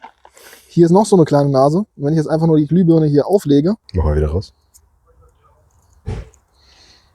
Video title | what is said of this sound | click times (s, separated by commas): Passat Abblendlicht wechseln: Die reine Schrauber Hölle! 🤬🛠️ | dann kann ich nicht richtig einrasten. | none